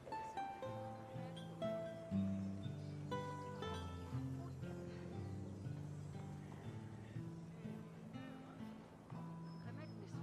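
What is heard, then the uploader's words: In a quiet medieval town, music carries through the air: a slow melody of long held notes stepping up and down over a steady low drone. It plays evenly for the whole stretch, with a soft murmur of background noise beneath it. Quiet medieval town | distance music/chatter/horse cart.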